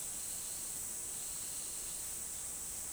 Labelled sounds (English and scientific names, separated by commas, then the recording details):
none
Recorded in dense forest near Puerto Asís, Putumayo, Colombia, on 4 March 2025 at 13:00
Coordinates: 0.499, -76.324
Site GP03